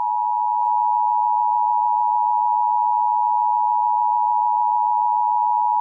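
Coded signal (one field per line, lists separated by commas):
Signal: Emergency Alert System (SAME) tones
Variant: 853 and 960 Hz attention tone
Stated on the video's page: Fictional EAS scenario based on an SCP story.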